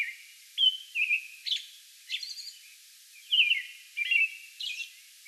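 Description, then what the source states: American robin singing a series of clear caroling whistled phrases mixed with high squeaky notes, with pauses between. Song bout recorded on May 11.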